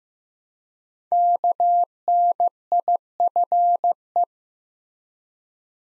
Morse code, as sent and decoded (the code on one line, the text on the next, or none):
-.- -. .. ..-. .
KNIFE